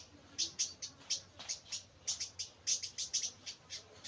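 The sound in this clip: Bird chirps: short sharp high chirps repeated several times a second in a loose, uneven rhythm.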